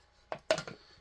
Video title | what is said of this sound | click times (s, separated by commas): Gear Pack December 2025 112 Adventure Ready | So, it locks into place. | 0.3 s, 0.5 s